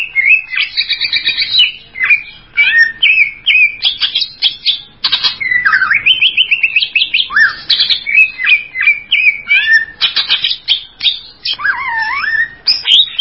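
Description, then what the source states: Greater green leafbird song, a fast, varied run of whistled and slurred notes, some sweeping up and down, with brief chattering trills between phrases. Champion songbird, known locally as cucak ijo.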